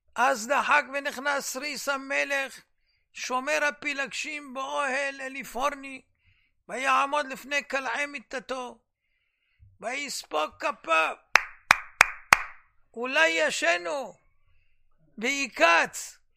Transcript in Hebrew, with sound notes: אז דחק ונכנס סריס המלך שומר הפילגשים באהל אליפורני ויעמוד לפני קלעי מיטתו ויספוק את כפיו [הרב שליט"א מוחא כפים...] אולי ישן הוא ויקץ,